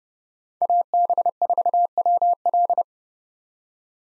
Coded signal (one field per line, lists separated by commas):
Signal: Morse code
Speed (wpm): 31 wpm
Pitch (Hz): 700 Hz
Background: none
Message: AB4WL